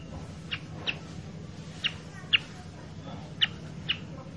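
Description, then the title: Sooty-headed bulbul giving sharp, high chirps, six brief notes spaced unevenly over a few seconds above a steady low hum. Masteran training recording for caged birds, presented as a lure (pancingan) to make kutilang sutra very chatty (gacor) with a sharp, spicy voice (suara pedas). "Masteran Kutilang Sutra. PANCINGAN AMPUH KUTILANG SUTRA SUPER GACOR SUARA PEDAS"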